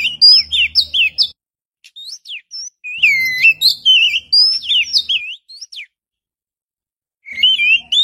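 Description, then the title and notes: Oriental magpie-robin singing loud, varied whistled phrases with sweeping slurs and sharp chips, delivered in bursts separated by short silent pauses. "Kicau Burung Kacer"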